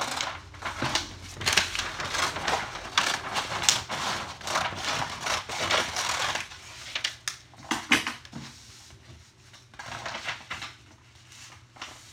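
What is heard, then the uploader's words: Scissors cut paper in rapid bursts of crisp, bright snips and rustles, busy for six seconds, then sparser with pauses over a low hum. Wrapping presents. Specifically the sound of scissors cutting paper.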